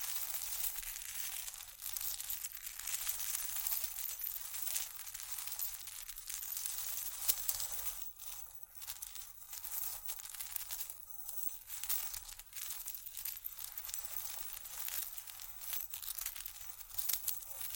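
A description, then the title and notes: A dense, bright scratching and crackling texture runs through the whole clip, like something being rubbed or crinkled, with almost nothing low underneath. It stays busy and uneven, thinning briefly around eight and eleven seconds before picking back up. Vinyl,wood,tapping,scratchig,chain,glass,etc.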